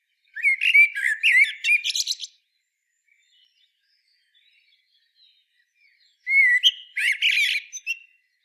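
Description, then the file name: Common blackbird producing two mellow whistled phrases with squeaky twittered tails, with a long silent gap between them. "Turdus merula"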